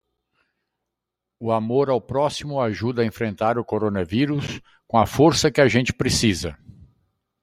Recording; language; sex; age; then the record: spoken sentence; Brazilian Portuguese; male; 60 to 69 years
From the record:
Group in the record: control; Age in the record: 65 years